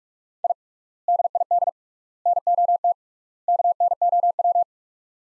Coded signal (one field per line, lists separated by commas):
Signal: Morse code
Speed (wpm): 45 wpm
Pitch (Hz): 700 Hz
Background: none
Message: I DID NOT KNOW